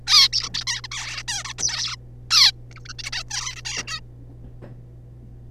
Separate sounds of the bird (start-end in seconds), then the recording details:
0.07-0.28, 0.33-0.49, 0.54-0.64, 0.67-0.81, 0.83-0.87, 0.92-1.23, 1.28-1.44, 1.45-1.53, 1.58-1.96, 2.31-2.52, 2.71-2.74, 2.76-2.79, 2.85-2.88, 2.89-2.93, 2.99-3.03, 3.04-3.10, 3.12-3.23, 3.30-3.55, 3.56-3.62, 3.65-3.83, 3.87-4.00. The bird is a juvenile. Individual R3549